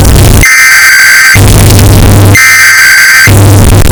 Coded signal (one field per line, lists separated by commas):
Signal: Emergency Alert System (SAME) tones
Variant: header bursts